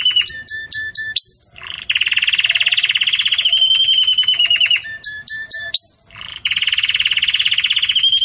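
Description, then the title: Canary song: repeated phrases of clipped notes, a rising whistle and a long rolling buzzy trill, the whole sequence sung twice. Belgian canary song, described as campainha, used for breeding chicks to learn from. "Belíssimo Canto Do Canário Belga Campainha Para Encarte De Filhotes"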